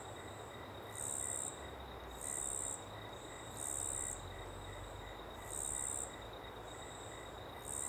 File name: Ambiente em Pequena Mata Aberta e Rio ao Fundo com Grilo bem Presente na Esquerda